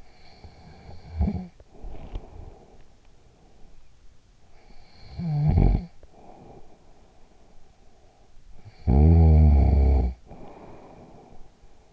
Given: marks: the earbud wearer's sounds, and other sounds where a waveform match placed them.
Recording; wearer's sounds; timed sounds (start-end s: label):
sounds in sleep by an in-ear microphone; snoring breath
0.00-3.74 s: snoring breath
4.68-7.17 s: snoring breath
8.42-11.93 s: snoring breath